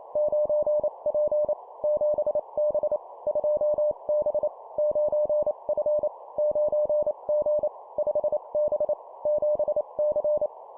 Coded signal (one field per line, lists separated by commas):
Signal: Morse code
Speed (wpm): 28 wpm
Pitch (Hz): 600 Hz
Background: none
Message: 9P 7B 2B 9F 9G 5B 7C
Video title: 25wpm Two number letter words, cw morse code